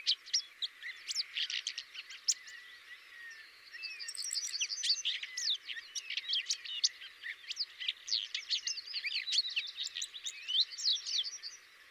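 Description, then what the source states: Common whitethroat song: dense, scratchy chattering warble mixed with thin slurred whistles, continuing almost without break throughout and stopping at the end. Variant 5.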